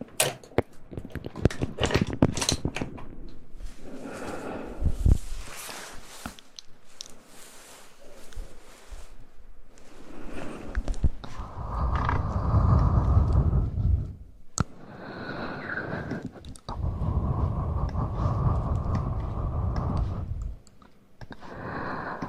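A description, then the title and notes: Mouth sounds: wet clicks and smacks cluster in the first ten seconds, then longer low, breathy rushing stretches with brief pauses. ASMR Mouth Sounds.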